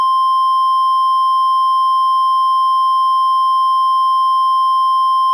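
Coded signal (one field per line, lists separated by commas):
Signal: Emergency Alert System (SAME) tones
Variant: 1050 Hz attention tone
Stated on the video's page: Mock Emergency Alert System Administrative Message updating an Evacuation Immediate in Colorado, a simulated alert.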